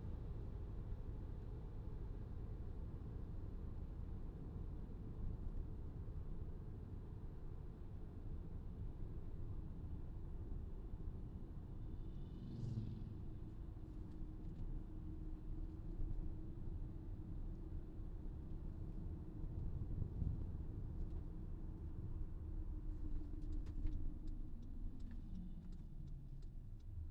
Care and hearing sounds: everyday scene through a hearing-aid microphone; in a vehicle; engine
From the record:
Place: VW T5 Caravelle, diesel engine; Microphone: in the ear canal, left

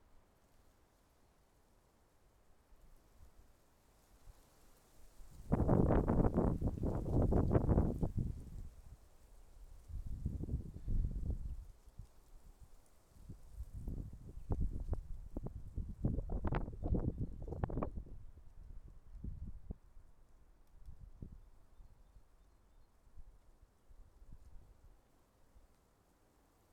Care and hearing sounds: everyday scene through a hearing-aid microphone; wind on the microphone; wind, traffic, birds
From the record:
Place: suburban garden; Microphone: behind the ear, left, front

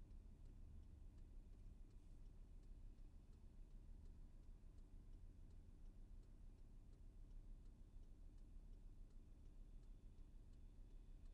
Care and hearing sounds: everyday scene through a hearing-aid microphone; in a vehicle; engine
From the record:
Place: VW T5 Caravelle, diesel engine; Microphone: behind the ear, left, front

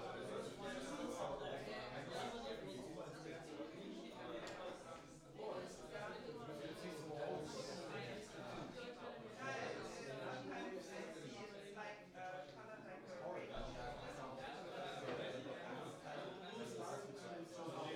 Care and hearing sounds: everyday scene through a hearing-aid microphone; many people talking; many voices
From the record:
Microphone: in the ear canal, right

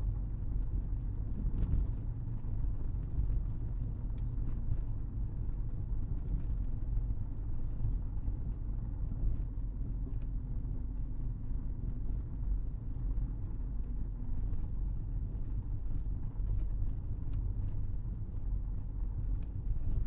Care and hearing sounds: everyday scene through a hearing-aid microphone; in a vehicle; engine, rumble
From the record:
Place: Berlingo II, diesel engine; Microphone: behind the ear, right, rear

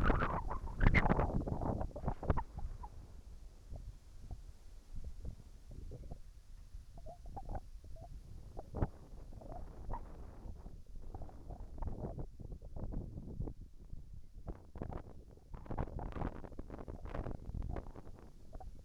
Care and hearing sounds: everyday scene through a hearing-aid microphone; wind on the microphone; wind, whistling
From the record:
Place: in front of a rural house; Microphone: behind the ear, right, rear

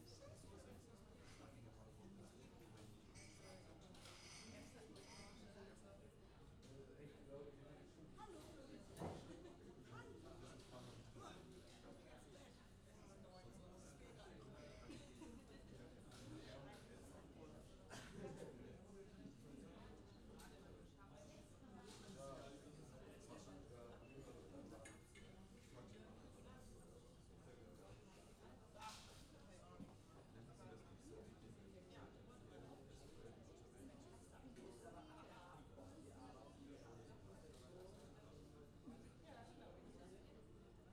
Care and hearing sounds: everyday scene through a hearing-aid microphone; many people talking; many voices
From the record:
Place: university cafeteria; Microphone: in the ear canal, left

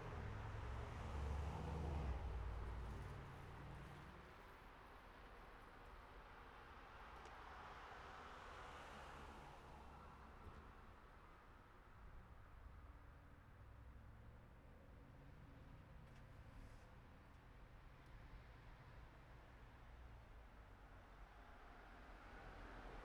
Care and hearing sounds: everyday scene through a hearing-aid microphone; in traffic; traffic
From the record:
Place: city secondary road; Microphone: behind the ear, right, rear

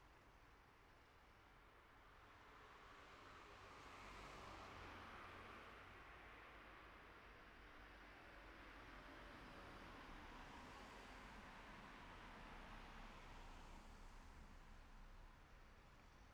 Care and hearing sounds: everyday scene through a hearing-aid microphone; in traffic; traffic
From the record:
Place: city secondary road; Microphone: behind the ear, right, front

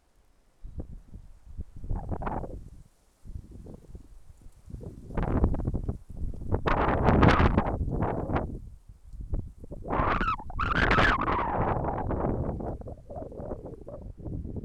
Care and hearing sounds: everyday scene through a hearing-aid microphone; wind on the microphone; wind, traffic, birds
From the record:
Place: suburban garden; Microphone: behind the ear, left, rear

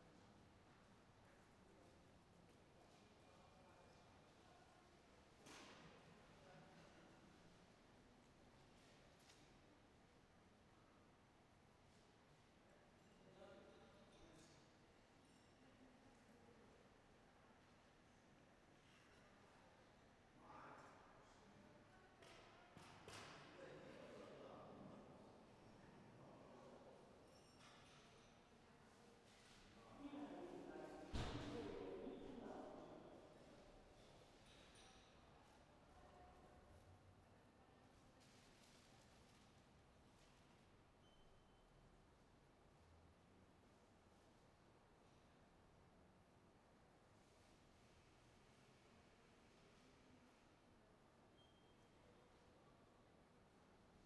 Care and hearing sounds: everyday scene through a hearing-aid microphone; reverberant space; background noise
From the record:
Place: railway station hall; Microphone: behind the ear, right, front

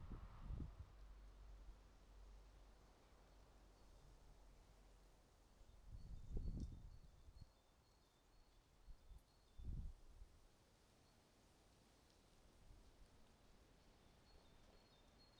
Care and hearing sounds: everyday scene through a hearing-aid microphone; wind on the microphone; wind, traffic, birds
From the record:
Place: suburban garden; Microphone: in the ear canal, right

